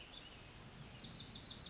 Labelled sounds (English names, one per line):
Wilson's Warbler